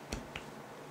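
The top cap of a rebuildable dripping atomizer is lined up so its airflow windows face the posts, then pushed down onto the metal deck. Sharp clicks are heard at 0.1 s and 0.4 s, followed by a fainter tick near 0.9 s. The top cap clips in and is confirmed seated.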